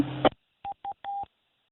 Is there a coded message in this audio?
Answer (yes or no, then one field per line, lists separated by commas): no